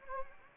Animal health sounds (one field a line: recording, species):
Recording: mosquito wingbeat signal from an infrared sensor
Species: Anopheles arabiensis